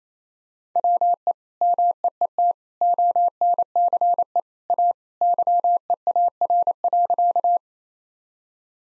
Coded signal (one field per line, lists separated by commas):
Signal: Morse code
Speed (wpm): 28 wpm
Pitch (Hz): 700 Hz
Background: none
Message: WE MEET ONCE A YEAR.